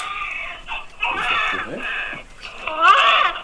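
Two bouts of high-pitched, wavering crying, each about a second long, with a short lull between them, over faint room noise. It is a simulated newborn cry from a neonatal training mannequin whose scenarios the instructor controls from a computer; the simulated baby is doing well: crying, breathing, with good colour.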